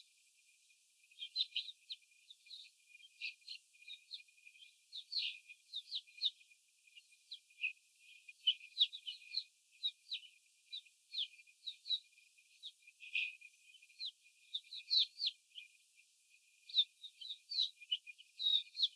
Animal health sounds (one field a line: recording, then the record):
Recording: young laying hens in a cage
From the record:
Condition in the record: before the stressor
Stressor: simulated dog barking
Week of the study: 4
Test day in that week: 3